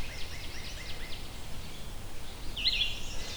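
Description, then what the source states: Red-eyed Vireo song: a few short, faint phrases, then a single louder phrase near the end over background noise. Very short song in Beverly Swamp, Hamilton, on corridor trails; a common background sound in Hamilton locations with a fair bit of tree canopy.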